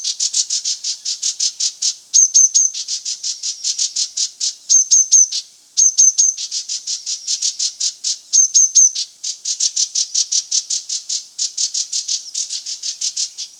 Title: G3latik b4t0. Green-backed Tit (Parus monticolus)